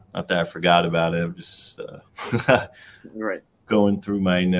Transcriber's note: laugh